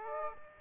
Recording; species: mosquito wingbeat signal from an infrared sensor; Aedes aegypti